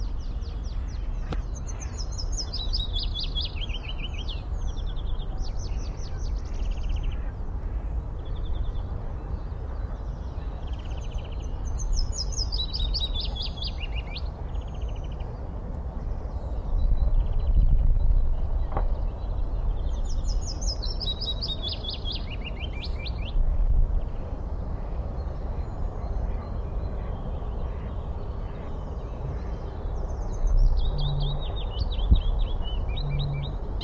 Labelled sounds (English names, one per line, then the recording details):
Willow Warbler
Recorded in the wild
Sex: male
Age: adult
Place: Karower Teiche, Naturpark Barnim, Berlin, DE
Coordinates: 52.62, 13.46
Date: 1994-04-24 10:09
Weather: heiter-wolkig, 16-20°C
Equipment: Marantz CP 430, Sennheiser ME 80, Kopie Uher Variocord 263
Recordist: Tembrock, Günter